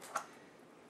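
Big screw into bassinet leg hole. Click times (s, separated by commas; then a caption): 0.2 s. A big screw is pushed through the hole on the second leg of a bassinet and snaps into place with a single sharp click at 0.2 s. After that, only faint background noise remains, and the screw is seated in the leg hole.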